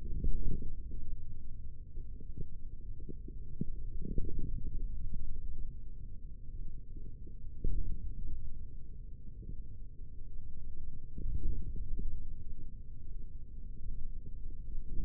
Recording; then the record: forearm muscle sounds (acoustic myography)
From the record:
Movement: hand opening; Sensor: system 3, bracelet of six PUI Audio POM-2738L microphones around the upper forearm, with dedicated amplification and filtering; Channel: 6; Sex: male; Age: 43 years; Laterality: right